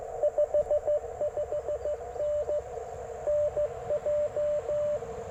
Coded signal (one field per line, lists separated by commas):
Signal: Morse code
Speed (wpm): 21 wpm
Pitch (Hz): 600 Hz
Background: radio noise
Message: 55N NJ